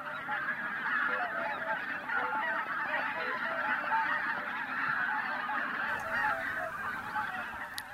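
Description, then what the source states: Goose: a flock in flight, a massed chorus of overlapping honking calls throughout, with a couple of sharp clicks near the end. Flock of about 200-250 geese returning to land, partly dispersing, some passing the directional microphones; April 6, 2015.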